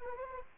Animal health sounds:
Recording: mosquito wingbeat signal from an infrared sensor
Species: Anopheles arabiensis

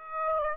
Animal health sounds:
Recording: mosquito wingbeat signal from an infrared sensor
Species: Aedes aegypti

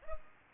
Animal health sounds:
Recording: mosquito wingbeat signal from an infrared sensor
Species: Culex pipiens

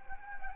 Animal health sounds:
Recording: mosquito wingbeat signal from an infrared sensor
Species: Anopheles gambiae

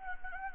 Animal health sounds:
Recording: mosquito wingbeat signal from an infrared sensor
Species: Anopheles gambiae

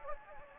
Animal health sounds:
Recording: mosquito wingbeat signal from an infrared sensor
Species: Anopheles gambiae

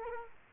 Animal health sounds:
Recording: mosquito wingbeat signal from an infrared sensor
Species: Culex quinquefasciatus

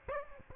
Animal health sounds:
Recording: mosquito wingbeat signal from an infrared sensor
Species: Aedes aegypti

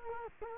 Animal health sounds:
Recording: mosquito wingbeat signal from an infrared sensor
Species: Culex quinquefasciatus

